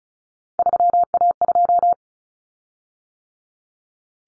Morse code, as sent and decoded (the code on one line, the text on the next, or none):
...-- .- ..---
3A2